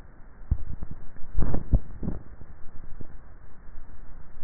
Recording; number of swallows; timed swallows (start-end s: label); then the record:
swallowing sounds by neck microphone; 1
1.42-2.18 s: swallow
From the record:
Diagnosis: dysphagia